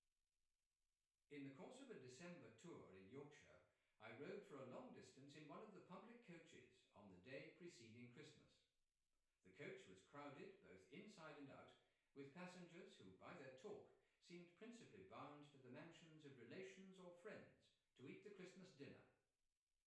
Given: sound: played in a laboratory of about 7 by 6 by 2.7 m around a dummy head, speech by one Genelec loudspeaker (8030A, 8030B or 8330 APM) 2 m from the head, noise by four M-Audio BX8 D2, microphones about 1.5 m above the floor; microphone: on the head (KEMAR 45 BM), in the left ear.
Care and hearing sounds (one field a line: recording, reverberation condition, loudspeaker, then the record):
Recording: male speech in English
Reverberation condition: medium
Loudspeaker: 60 degrees to the right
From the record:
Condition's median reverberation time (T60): about 510 ms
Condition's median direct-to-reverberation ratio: about -0.5 dB